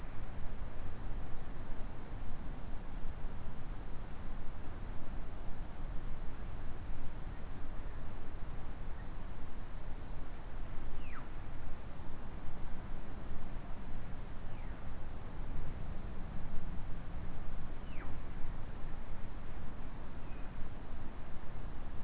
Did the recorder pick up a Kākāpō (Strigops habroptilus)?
no